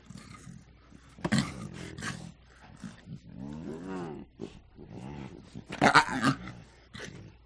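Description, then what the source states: Lions growling: several short, rough growls and one longer moaning growl that rises and falls. Two lions giving quiet growls.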